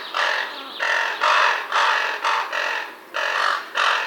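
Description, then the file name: Raven calls, hoarse broad squawks repeated about twice a second in an uneven series of about eight bursts. Raven adults feeding their young. "Digiffects Sound Effects Library - Raven Feeding Young Ones"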